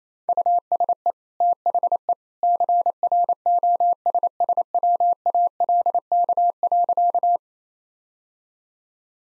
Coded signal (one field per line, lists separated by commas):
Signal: Morse code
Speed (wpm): 27 wpm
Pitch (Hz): 700 Hz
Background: none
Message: USE THE CROSSWALK.